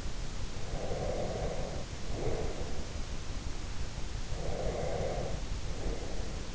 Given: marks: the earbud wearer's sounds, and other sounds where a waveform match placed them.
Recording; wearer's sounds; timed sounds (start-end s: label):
sounds in sleep by an in-ear microphone; breath
0.52-2.91 s: breath
4.32-6.55 s: breath